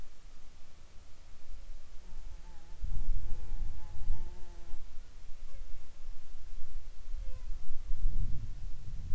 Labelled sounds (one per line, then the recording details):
wind
insects
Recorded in the Arctic National Wildlife Refuge, Alaska, on 7 July 2019 at 19:29
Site 41